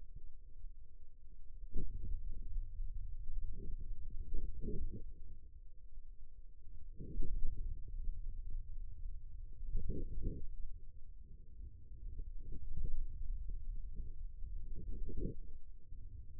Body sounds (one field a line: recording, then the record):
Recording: forearm muscle sounds (acoustic myography)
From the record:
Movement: hand opening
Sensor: system 2, bracelet of six BSWA MPA416 microphones around the upper forearm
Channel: 3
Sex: male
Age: 22 years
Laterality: right